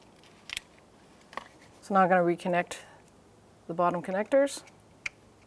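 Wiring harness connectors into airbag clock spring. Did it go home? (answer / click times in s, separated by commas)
no / none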